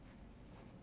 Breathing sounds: one breath in and out by a microphone near the nose and mouth; strong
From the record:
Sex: male

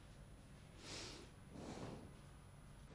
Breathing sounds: one breath in and out by a microphone near the nose and mouth; normal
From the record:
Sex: male

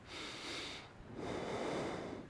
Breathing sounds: one breath in and out by a microphone near the nose and mouth; normal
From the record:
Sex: male

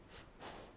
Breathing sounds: one breath in and out by a microphone near the nose and mouth; strong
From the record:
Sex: female

